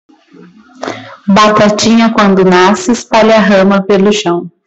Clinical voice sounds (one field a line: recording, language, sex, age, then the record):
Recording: short text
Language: Brazilian Portuguese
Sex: female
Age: 20 to 29 years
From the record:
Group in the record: control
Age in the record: 25 years